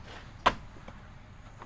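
A plastic bumper trim piece on a 2018-up Jeep JL/JT is given a little push back into its front bumper clips and snaps in with one sharp, loud click at 0.5 s. Two fainter ticks follow at about 0.9 s and 1.6 s over low background noise. The trim piece is seated nice and tight.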